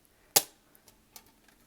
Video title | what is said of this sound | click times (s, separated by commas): 2021 Calendar Freebie Printable plus Assembly Instructions! | this guy back and you hear that little click | 0.4 s